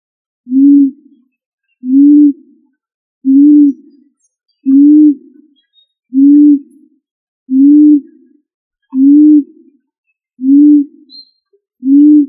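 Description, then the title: Pigeon coos, deep and mellow, nine brief notes repeated at an even rhythm of about one every one and a half seconds, with nothing else notable. "Familia ColumbidaePomba"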